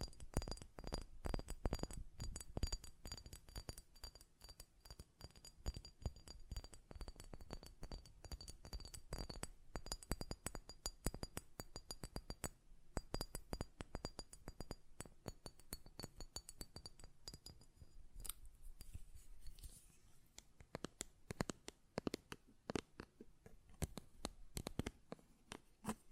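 A glass perfume bottle is tapped in quick, dense runs of sharp clinks that continue almost without pause. Bright ringing tones linger beneath the taps for the first eighteen seconds, then fade, leaving drier, sparser knocks and a few louder lid clicks toward the end.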